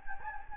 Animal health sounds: mosquito wingbeat signal from an infrared sensor; Anopheles gambiae

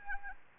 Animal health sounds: mosquito wingbeat signal from an infrared sensor; Anopheles arabiensis

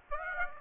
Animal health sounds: mosquito wingbeat signal from an infrared sensor; Aedes aegypti

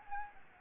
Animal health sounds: mosquito wingbeat signal from an infrared sensor; Anopheles gambiae

